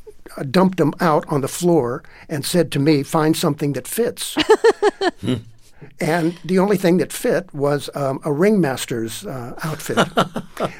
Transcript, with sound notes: dumped them out on the floor and said to me, find something that fits.
(LAUGHTER)
And the only thing that fit was a ringmaster's outfit.